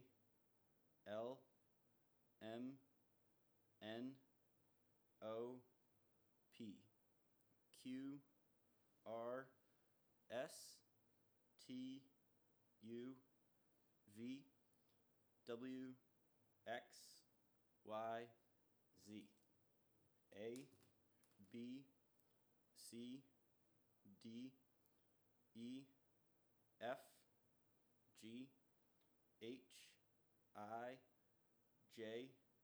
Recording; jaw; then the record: letters of the alphabet, spoken; free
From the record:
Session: first day, before the bite bar